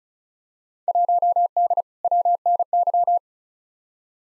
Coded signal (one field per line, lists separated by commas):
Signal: Morse code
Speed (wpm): 34 wpm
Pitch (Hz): 700 Hz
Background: none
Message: 1D WNY